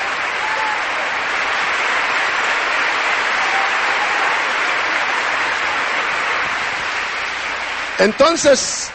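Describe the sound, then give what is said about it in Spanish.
An audience at a Christian sermon applauds loudly and steadily, a dense, even wash of clapping that holds for about eight seconds before a voice starts speaking over its tail. “Un aplauso fuerte.”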